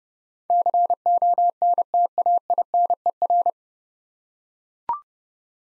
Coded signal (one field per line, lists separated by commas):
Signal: Morse code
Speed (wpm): 30 wpm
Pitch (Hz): 700 Hz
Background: none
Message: CONTAINER